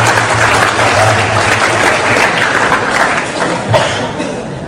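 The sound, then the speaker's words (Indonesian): A crowd claps steadily and densely throughout, a loud wash of many hands with scattered chuckles and murmurs mixed in, tapering slightly toward the end. “Tepuk tangan semuanya.”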